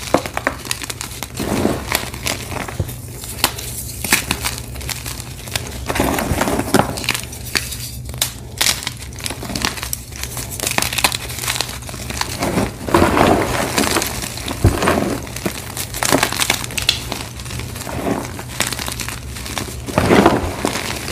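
Blocks of gym chalk are crushed and crumbled over and over, a dense run of crinkling, gritty crunches with sharper bright snaps every second or so. The crushing stays busy and uneven throughout, with a low steady hum underneath.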